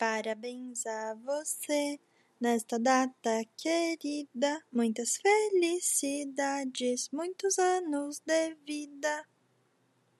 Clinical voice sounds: short text; Brazilian Portuguese; female; 20 to 29 years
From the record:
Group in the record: control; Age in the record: 22 years

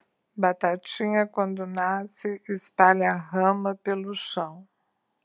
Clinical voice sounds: short text; Brazilian Portuguese; female; 60 to 69 years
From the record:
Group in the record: control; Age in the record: 65 years

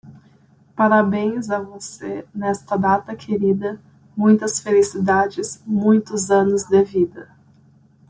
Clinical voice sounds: short text; Brazilian Portuguese; female; 20 to 29 years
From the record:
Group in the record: control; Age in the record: 23 years

